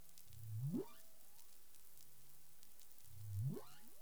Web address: CARIMAM clean data humpback whale 20210419 082042 UTC